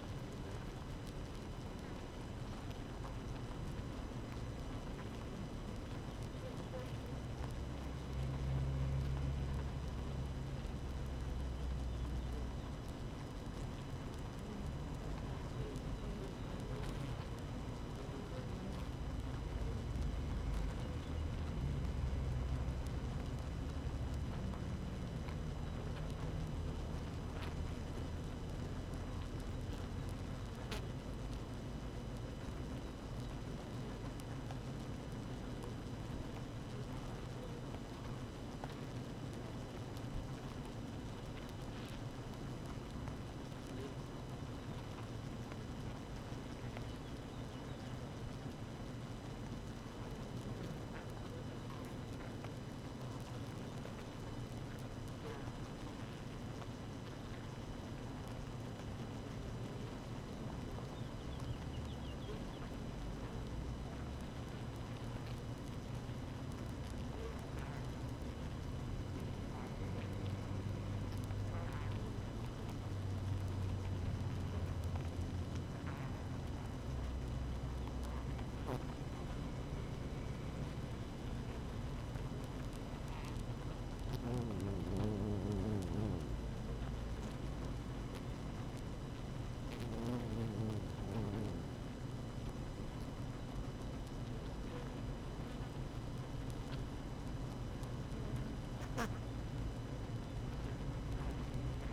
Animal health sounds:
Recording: honeybee colony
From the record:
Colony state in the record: active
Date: 12 June 2018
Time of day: 6:46

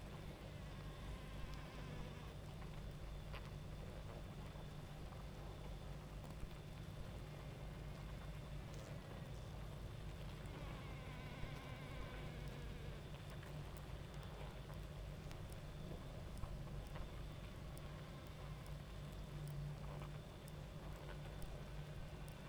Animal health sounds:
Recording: honeybee colony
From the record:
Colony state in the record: active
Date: 28 July 2017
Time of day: 23:05

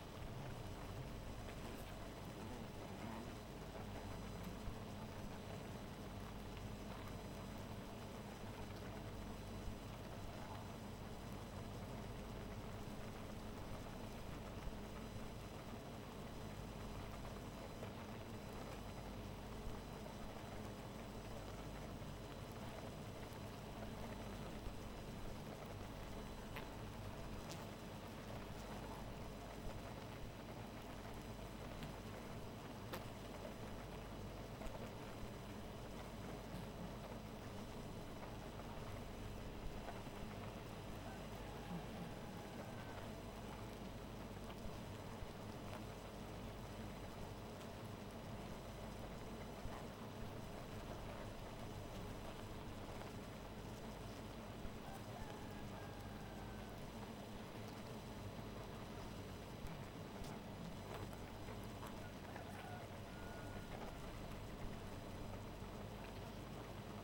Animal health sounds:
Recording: honeybee colony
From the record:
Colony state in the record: missing queen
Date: 14 July 2017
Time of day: 2:18

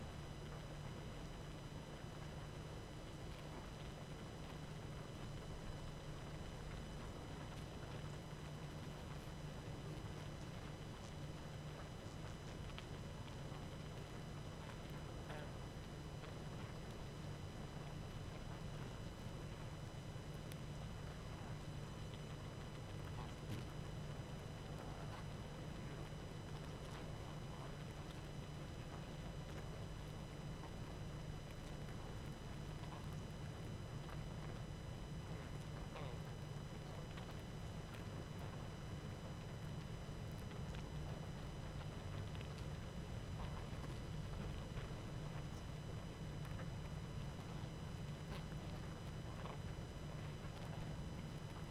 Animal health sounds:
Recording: honeybee colony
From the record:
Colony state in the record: active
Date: 12 June 2018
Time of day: 19:20

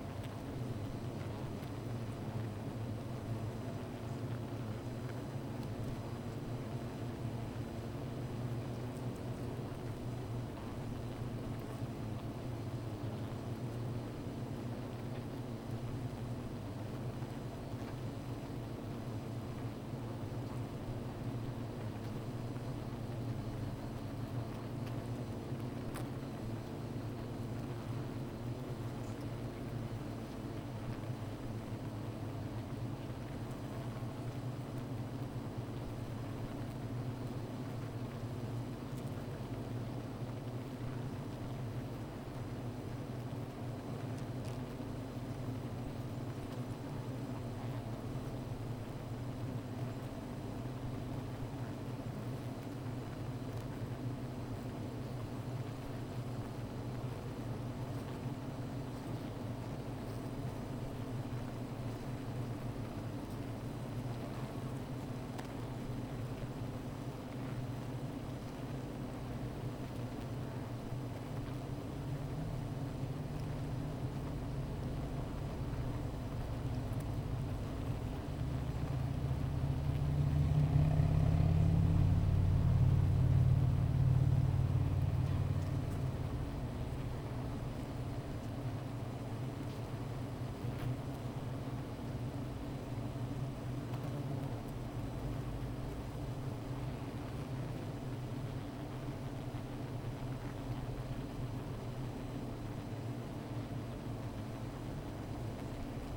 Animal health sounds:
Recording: honeybee colony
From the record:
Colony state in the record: missing queen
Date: 14 July 2017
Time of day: 15:14

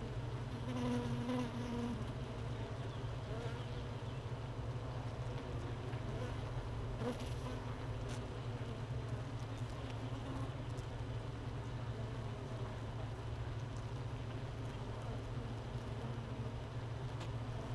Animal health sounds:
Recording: honeybee colony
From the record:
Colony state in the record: missing queen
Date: 31 May 2018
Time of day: 13:19

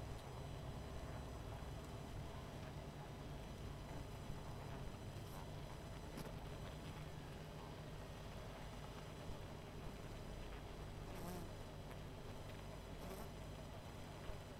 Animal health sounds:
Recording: honeybee colony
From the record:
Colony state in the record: missing queen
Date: 14 July 2017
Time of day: 20:41

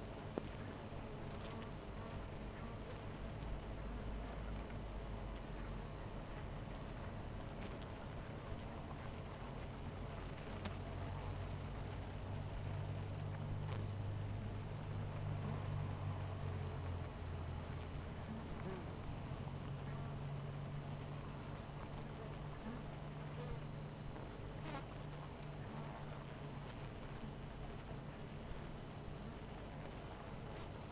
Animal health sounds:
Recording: honeybee colony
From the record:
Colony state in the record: missing queen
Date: 14 July 2017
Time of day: 18:11

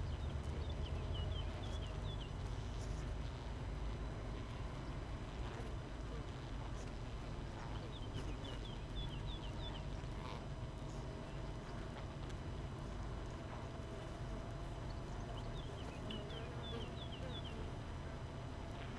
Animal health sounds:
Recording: honeybee colony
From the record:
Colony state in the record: missing queen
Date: 31 May 2018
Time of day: 5:44

